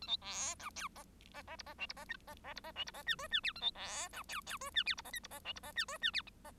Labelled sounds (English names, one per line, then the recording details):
Bengalese Finch song
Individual Bird1